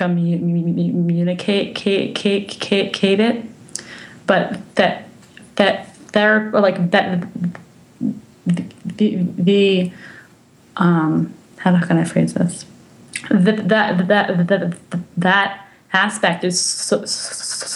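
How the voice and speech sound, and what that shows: An adult woman who has stuttered since childhood and had speech therapy in elementary school speaks with clear stuttering: repeated sounds and syllables, prolonged sounds, and blocks on starting words.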